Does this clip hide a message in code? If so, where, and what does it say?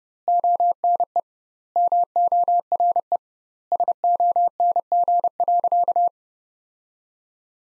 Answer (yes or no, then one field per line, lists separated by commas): yes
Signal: Morse code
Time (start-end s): 0.3-6.1 s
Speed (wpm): 30 wpm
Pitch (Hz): 700 Hz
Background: none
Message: ONE MORE SONG.